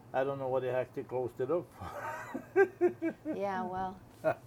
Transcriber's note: laughs